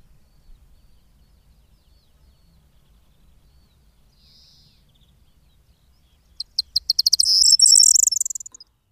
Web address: agykontroll Madardalok Cd 2. Sordély